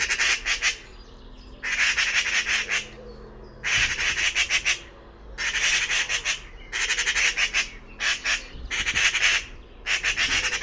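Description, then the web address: Bird voicing rough, buzzy squawk bursts every second or two, several in all, over a faint low hum. "cianscape birddata Deverinetal 2025"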